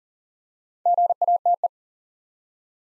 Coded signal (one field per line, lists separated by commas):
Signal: Morse code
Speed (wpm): 38 wpm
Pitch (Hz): 700 Hz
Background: none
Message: GATE